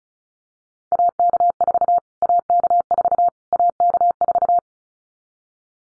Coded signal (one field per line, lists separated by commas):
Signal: Morse code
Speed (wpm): 34 wpm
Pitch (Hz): 700 Hz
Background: none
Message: AK4 AK4 AK4